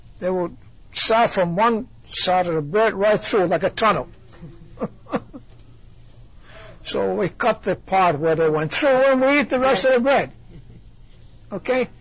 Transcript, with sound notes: They would start from one side of the bread, right through like a tunnel. ( he laughs ) So we cut the part where they went through and we eat the rest of the bread! Okay?!